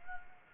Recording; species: mosquito wingbeat signal from an infrared sensor; Anopheles arabiensis